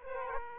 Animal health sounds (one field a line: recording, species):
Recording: mosquito wingbeat signal from an infrared sensor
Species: Aedes aegypti